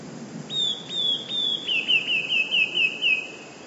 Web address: wroblowe teka spiew modraszkoteka